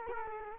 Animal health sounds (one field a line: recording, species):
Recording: mosquito wingbeat signal from an infrared sensor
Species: Culex quinquefasciatus